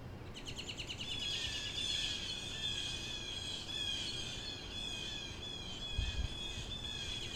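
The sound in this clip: Crow chatter: a continuous high, rapidly pulsing, squeaky stream of notes running the whole time, with a dull thump near the end.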